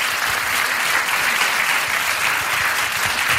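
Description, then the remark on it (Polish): A large audience applauds steadily, a dense, continuous wash of many hands clapping at an even, loud level with no voices standing out. “Brawa, ogromne.”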